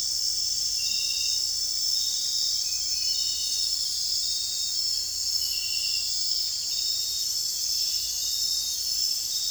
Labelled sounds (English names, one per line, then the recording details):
none
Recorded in dense forest near Puerto Asís, Putumayo, Colombia, on 20 December 2024 at 22:30
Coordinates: 0.467, -76.328
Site GP05